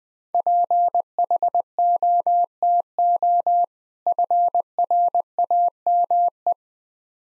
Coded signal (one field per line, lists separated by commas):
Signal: Morse code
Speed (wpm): 21 wpm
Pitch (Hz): 700 Hz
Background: none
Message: PHOTO FRAME